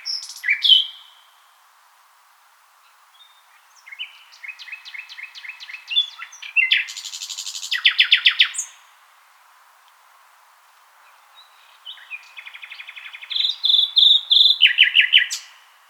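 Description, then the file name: Common nightingale song: varied phrases of rapid repeated notes, buzzy rattles and sharp whistles, separated by short pauses. "Luscinia megarhynchos"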